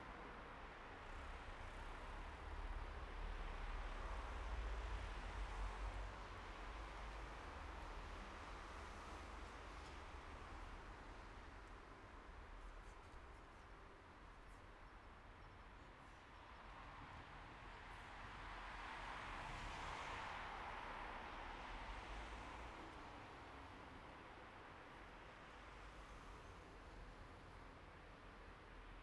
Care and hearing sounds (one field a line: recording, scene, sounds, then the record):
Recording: everyday scene through a hearing-aid microphone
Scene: in traffic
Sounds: traffic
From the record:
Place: bus stop on a city main road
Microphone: behind the ear, right, rear